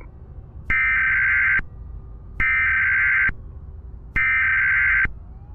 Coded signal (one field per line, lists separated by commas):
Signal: Emergency Alert System (SAME) tones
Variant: header bursts